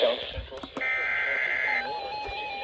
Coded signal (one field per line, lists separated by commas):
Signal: Emergency Alert System (SAME) tones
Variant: header bursts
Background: speech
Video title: Very Late EAS Comp || EAS Alerts From May 30th - 31th, 2025. EAS #367 - #428